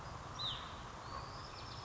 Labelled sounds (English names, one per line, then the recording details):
Hutton's Vireo
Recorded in Sonoma County, California